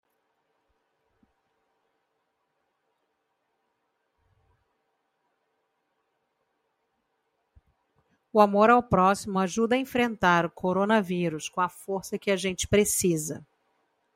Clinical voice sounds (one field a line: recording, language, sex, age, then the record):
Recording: spoken sentence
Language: Brazilian Portuguese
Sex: female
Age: 40 to 49 years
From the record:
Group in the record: control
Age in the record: 47 years